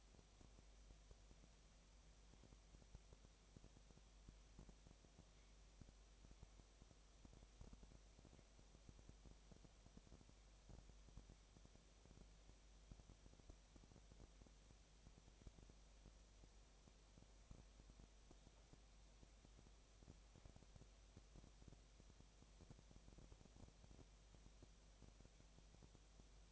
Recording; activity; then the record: daily activity, microphone in the room; no activity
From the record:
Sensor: 1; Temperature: 19.8 degrees Celsius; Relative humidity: 37.9%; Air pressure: 998.8 hPa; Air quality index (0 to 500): 233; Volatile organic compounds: 134 ppm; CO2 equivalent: 3948 ppm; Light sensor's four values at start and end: 1/2/1/1 and 1/2/1/1